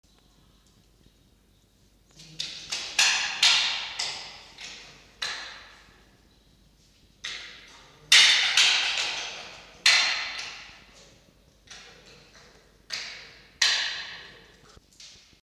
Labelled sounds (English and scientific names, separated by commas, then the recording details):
Red Fox (Vulpes vulpes)
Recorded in captivity
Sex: female
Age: juvenile
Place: Zoologisches Institut der HUB, Berlin, DE
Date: 1953-07-31 18:55
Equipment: Elmetra
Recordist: Tembrock, Günter
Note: Molly (auf 4 sitzend): Keckern gegen die vorüberlaufende Fanny